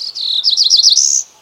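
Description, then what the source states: Cerulean Warbler song: a quick run of high buzzy notes, several rapid repeated slurs, ending in a higher buzz, over a quiet background. Sings from the forest canopy in the Appalachian Mountains in May; migrates 2,500 miles, wintering in the Andes of Colombia.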